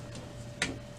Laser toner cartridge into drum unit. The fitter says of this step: and then you're going to push down on the handle until you feel it click down into position.